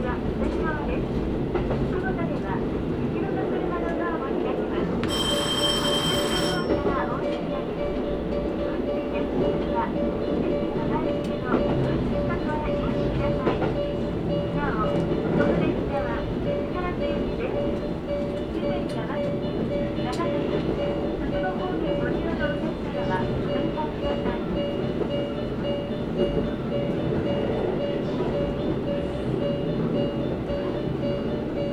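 A ride on the Karatsu Line and Nagasaki Main Line: a steady, dense rumble of the train runs throughout at even loudness, with scattered voices on top. Around five seconds a short, bright ringing tone sounds, followed by a faint steady hum.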